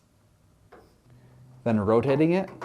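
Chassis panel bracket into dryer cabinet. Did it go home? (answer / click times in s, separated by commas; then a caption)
no / none. The end of a Fisher & Paykel dryer's chassis panel bracket is inserted into the dryer cabinet and positioned before being rotated to snap home, with only faint, quiet handling noises. Someone then talks over the last second. Nothing has snapped or clicked into place yet.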